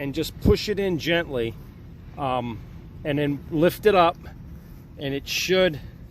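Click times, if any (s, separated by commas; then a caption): none. During an ignition coil repair on a 6.0L GMC/Chevy (Savana, Denali, Tahoe, Express), an ignition coil component is laid flat, its holes are lined up, and it is pushed in gently and lifted so it can lock into its holder. A man talks throughout, and a short, sharp hit is heard. Nothing has seated or clicked into the holder yet.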